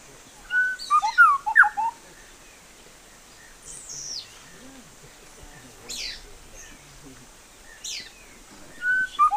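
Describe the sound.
Bird calls: bright short whistles tumbling downward in a quick series at the start and again at the end, separated by high, thin sliding notes and soft hiss.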